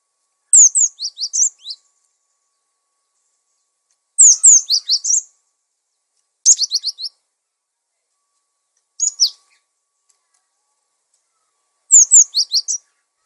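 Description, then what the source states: Songbird: high chirping bird song: varied rapid phrases of downward-slurred notes, some with a trilled ending, separated by short pauses. Masteran recording for training songbirds.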